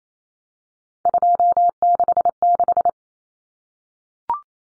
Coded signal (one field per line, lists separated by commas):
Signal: Morse code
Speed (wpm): 28 wpm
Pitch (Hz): 700 Hz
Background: none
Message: 266